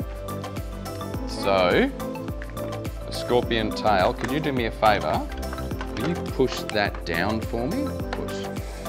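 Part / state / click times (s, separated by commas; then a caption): plastic scorpion tail piece into a toy monster truck raceway / not seated / none. A plastic scorpion tail piece is handled over a toy monster truck raceway while someone talks over background music, with a few small plastic taps and knocks. The piece is about to be pushed down hard, but nothing has seated or clicked yet.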